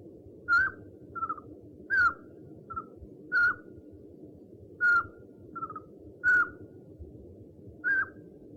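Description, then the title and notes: Owl call: a series of short, slightly descending whistles, with quieter clipped notes between some of them, repeated steadily throughout over a low background drone. One of 69 call variants recorded from 11 owl species. "Sovy - Eulen - Owls. 69 variant hlasů - 11 druhů sov"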